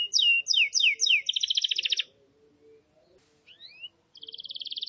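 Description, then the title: Canary singing four repeated down-slurred chirps, then a rapid buzzy trill. A short quiet spell with a faint low hum follows, then two upslurred notes and another fast trill. Wild canary with long, energetic song, used to train caged canaries to sing. "Pikat Kenari GACOR PANJANG INI Cocok Untuk Masteran KENARI LIAR"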